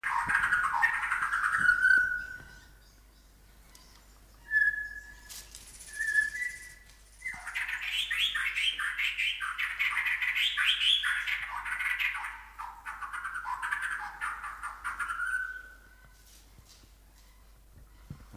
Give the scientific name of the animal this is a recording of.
Copsychus malabaricus